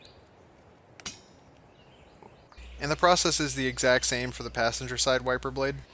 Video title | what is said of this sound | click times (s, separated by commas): How to Change Windshield Wipers on 2012 Ford Focus | new wiper blade just hinges onto the arm here and the pins should snap in place to hold it together | 1.1 s